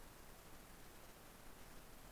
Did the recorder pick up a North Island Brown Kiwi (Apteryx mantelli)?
no